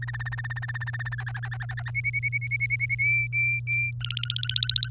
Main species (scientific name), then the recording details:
Serinus canaria. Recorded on 24 April 2018 at 05:53. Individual llb3